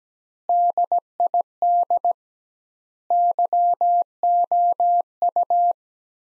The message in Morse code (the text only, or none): DID YOU